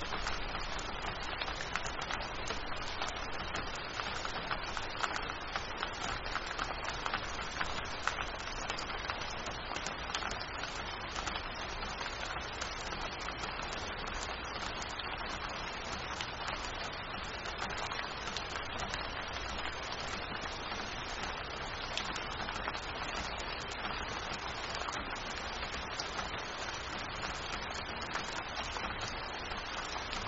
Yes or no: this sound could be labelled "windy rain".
yes